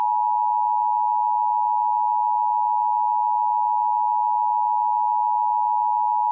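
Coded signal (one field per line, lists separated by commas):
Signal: Emergency Alert System (SAME) tones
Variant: 853 and 960 Hz attention tone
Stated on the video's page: Fictional, simulated alert scenario.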